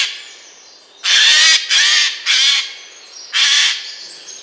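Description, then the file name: Eurasian jay with four rasping, raucous screeches, three in quick succession and a fourth after a short pause. "Garrulus glandarius"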